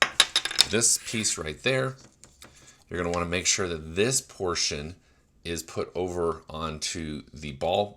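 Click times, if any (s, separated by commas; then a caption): none. The socket portion of an ESR HaloLock magnetic wireless charger car mount is being handled and lined up to go over its ball joint, with the retaining piece unscrewed. A quick cluster of small, sharp taps and clicks sounds in the first half second, then someone talks throughout. Nothing has seated or clicked onto the ball yet.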